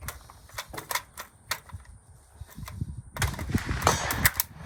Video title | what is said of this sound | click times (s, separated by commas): Norinco 84s | you hear that click you know it's secure | 4.4 s